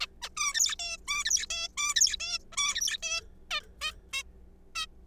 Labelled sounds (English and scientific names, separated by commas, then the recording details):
Zebra Finch (Taeniopygia guttata)
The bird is a juvenile
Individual R3428